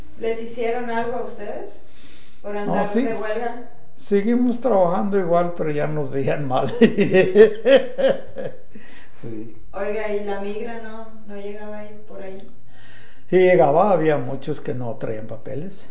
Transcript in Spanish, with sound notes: ¿Les hicieron algo a ustedes por andar de huelga?
No, sí seguimos trabajando igual, pero ya nos veían mal, (carcajadas)
Oiga, y La Migra no, ¿no llegaba a ir por ahí?
Sí llegaba, había muchos que no traían papeles.